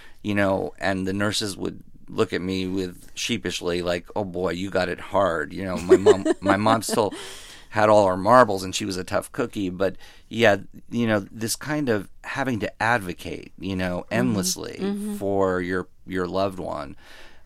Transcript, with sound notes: and, you know, and the nurses would look at me with - sheepishly, like oh boy, you've got it hard.
(Laughter).
You know, my mom still had all her marbles, and she was a tough cookie. But yet, you know, this kind of having to advocate, you know, endlessly for your loved one,